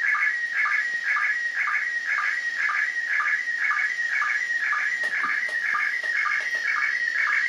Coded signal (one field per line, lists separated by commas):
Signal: SSTV (slow-scan television)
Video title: Perception SSTV (2m) SDR Lapwing